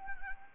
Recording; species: mosquito wingbeat signal from an infrared sensor; Anopheles arabiensis